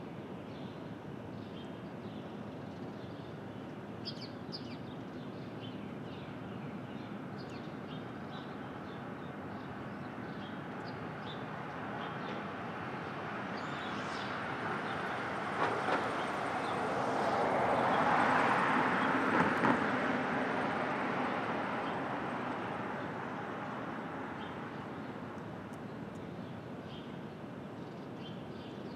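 Brooklyn at dawn: a steady, dense rumble of traffic and rail noise fills the whole stretch. Around 15 to 22 seconds a passing train or vehicle swells louder and brighter, then fades back, while faint chirps and short clicks surface throughout.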